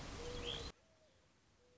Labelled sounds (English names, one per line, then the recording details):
Mourning Dove
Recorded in Sonoma County, California